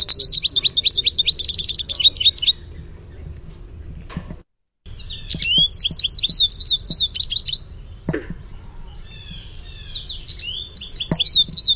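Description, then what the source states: American goldfinch contact song in three bursts of rapid high twittering notes, separated by pauses with faint clicks and soft background noise. "Sweeet" contact call and contact song.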